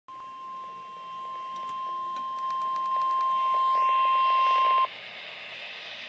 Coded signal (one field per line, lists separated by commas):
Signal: Emergency Alert System (SAME) tones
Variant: 1050 Hz attention tone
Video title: REAL EAS 1051-SVR